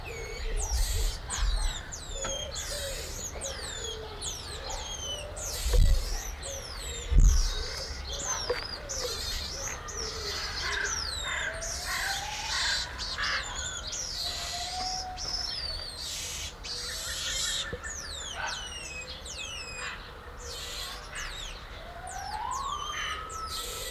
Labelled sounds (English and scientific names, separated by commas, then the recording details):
Cottontop Tamarin (Saguinus oedipus)
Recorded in captivity
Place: Zoo Magdeburg, Sachsen-Anhalt, DE
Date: 1995-04-05
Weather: heiter, 8 °C
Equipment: Marantz CP 430, Sennheiser ME 80, Kopie Uher Variocord 263
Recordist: Tembrock, Günter